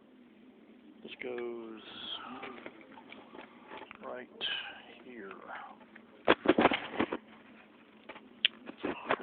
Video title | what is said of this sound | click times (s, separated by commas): Testing a vapor canister purge valve | Click in place. | 8.4 s